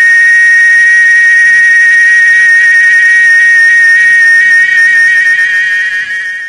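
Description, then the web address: Cicada call, a loud, continuous shrill buzz held steadily throughout, easing slightly toward the end. "Chicharra"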